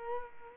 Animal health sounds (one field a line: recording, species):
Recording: mosquito wingbeat signal from an infrared sensor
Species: Culex quinquefasciatus